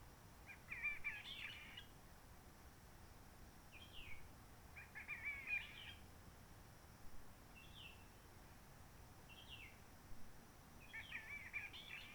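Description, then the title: Réunion bulbul song of chattering phrases alternating with brief single slurred notes, over faint hiss. Roche Merveilleuse, Réunion; forest quiet since 19 March 2020 lockdown, no people, microlights or helicopters; sunny blue sky; birds not very active; bulbul singing simpler short phrases, adapted to past noise pollution. "Roche Merveilleuse, Réunion - Merle de lîle de la Réunion."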